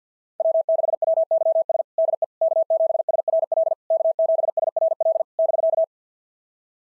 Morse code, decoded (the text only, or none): W6WYS DE K7SRL K7SRL <BK>